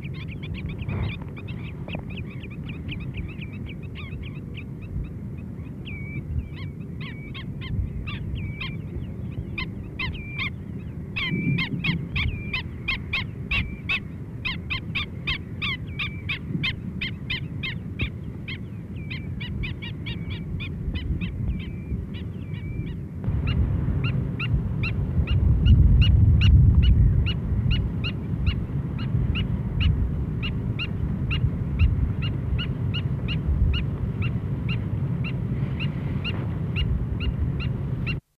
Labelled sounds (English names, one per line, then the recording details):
Black-winged Stilt call
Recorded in the wild
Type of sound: call
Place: Bremen, DE
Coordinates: 53.08, 8.8
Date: 1965-07-10
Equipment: Halbspur, 9,5 cm/s
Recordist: Lütgens, Hans
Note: 2 verschiedene, Junge führend